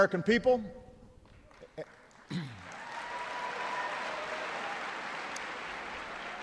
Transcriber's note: applause